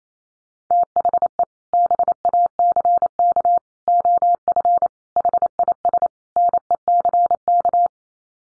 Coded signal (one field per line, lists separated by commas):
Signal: Morse code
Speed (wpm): 28 wpm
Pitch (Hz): 700 Hz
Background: none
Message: THE BACK OF HIS NECK